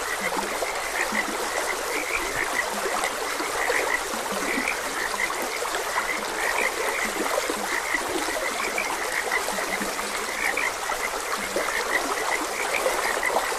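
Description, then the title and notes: Frogs calling together, many brief croaks and chirps overlapping without pause, with constant flowing water hiss. Frogs croaking beside a gentle stream. "Frogs Croaking. Sleep and Relaxation Podcast"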